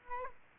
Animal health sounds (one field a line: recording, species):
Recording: mosquito wingbeat signal from an infrared sensor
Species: Aedes aegypti